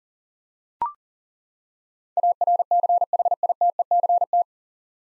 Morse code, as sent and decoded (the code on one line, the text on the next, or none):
.- .-. -.-. .... .. - . -.-. -
ARCHITECT